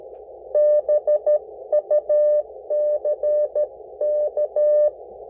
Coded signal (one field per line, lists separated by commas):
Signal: Morse code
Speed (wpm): 14 wpm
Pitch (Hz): 600 Hz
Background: none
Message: BUCK